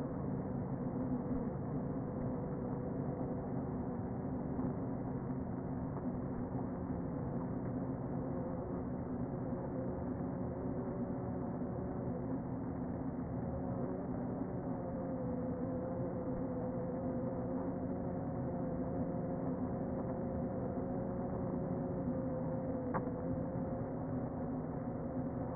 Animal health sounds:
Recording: honeybee colony, microphone inside the hive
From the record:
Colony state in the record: queen present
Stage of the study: before two queens were removed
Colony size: about 60,000 bees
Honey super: yes

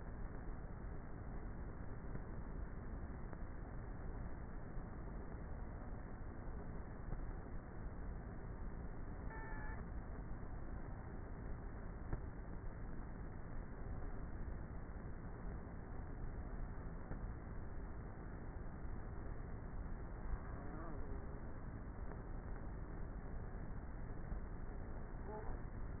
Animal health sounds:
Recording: honeybee colony, microphone inside the hive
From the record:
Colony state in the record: queenless with a low population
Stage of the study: before two queens were removed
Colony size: about 30,000 bees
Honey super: no

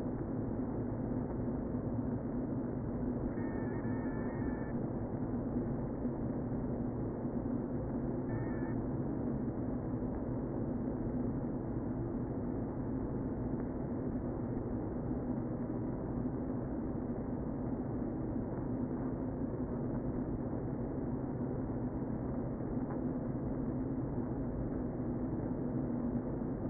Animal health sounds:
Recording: honeybee colony, microphone inside the hive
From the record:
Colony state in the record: queen present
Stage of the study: before two queens were removed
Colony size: about 60,000 bees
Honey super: yes

